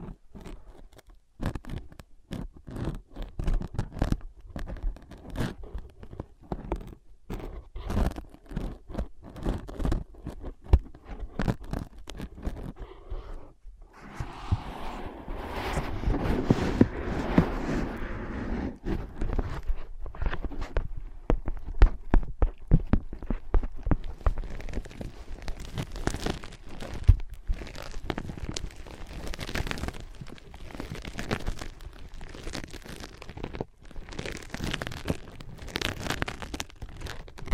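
Tapping, scratching and tracing on ear pads, with dense bursts of crisp taps and scratches throughout. Around 14 to 20 seconds a softer, fuller rubbing takes over, then sharp, bright scratching and crunchy taps return, irregular but fairly quick.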